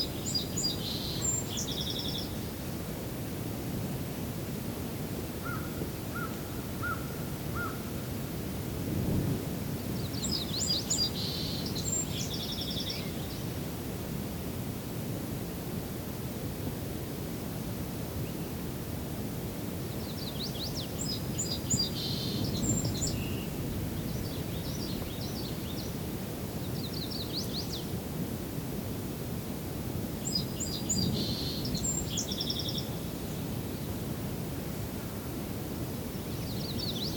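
Outdoor ambience at Henhoeffer Park East: a steady low rumble runs throughout. A bird sings high, bright, rapid phrases roughly every ten seconds, near the start, around 11, 21 and 31 seconds, and a brief thin whistle sounds around six seconds.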